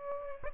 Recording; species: mosquito wingbeat signal from an infrared sensor; Aedes aegypti